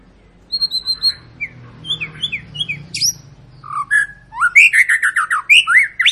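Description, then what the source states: White-rumped shama delivering clear repeated whistles, then a sharp upward note and a fast loud run of chirps. Long lure song of an actively singing (gacor) bird, used to make birds sing.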